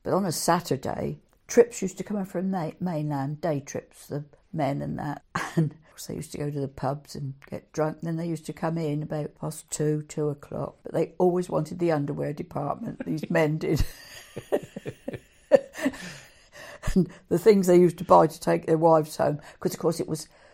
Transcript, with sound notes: But on a Saturday, trips used to come over from the Mainland, day trips, the men and that and of course they used to go to the Pubs and get drunk and then they used to come in about half past two, 2 o’clock, but they always wanted the Underwear Department, these men did (laughs) The things they used to buy to take to their wives home ‘cos of course it was…